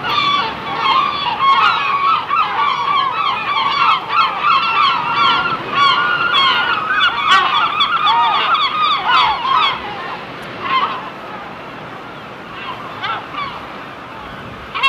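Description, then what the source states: Gulls in a loud chorus of overlapping harsh cries for about ten seconds, thinning to scattered calls near the end. Seagulls on the shore.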